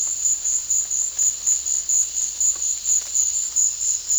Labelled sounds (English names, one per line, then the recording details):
none
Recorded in dense forest near Puerto Asís, Putumayo, Colombia, on 18 February 2024 at 14:00
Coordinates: 0.485, -76.325
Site G6429